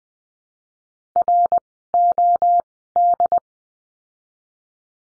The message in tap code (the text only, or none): none